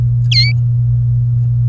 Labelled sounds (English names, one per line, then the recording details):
Domestic Canary song
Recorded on 24 April 2018 at 07:49
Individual llb3